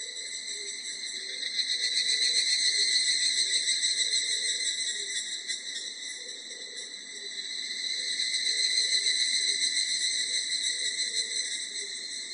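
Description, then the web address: Evening cicada call, a sustained ringing, pulsing buzz with high overtones that swells twice, with faint low notes scattered beneath. Recorded 24 July 1999. "1999 990724 higurasi"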